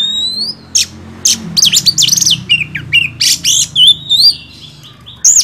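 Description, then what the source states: Oriental magpie-robin song of rapid whistled and buzzy notes, some rising and falling, delivered in a busy stream over a low steady background hum. Tutor recording used to train caged songbirds, featuring a first-place champion oriental magpie-robin.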